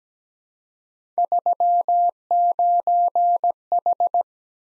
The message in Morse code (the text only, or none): 39H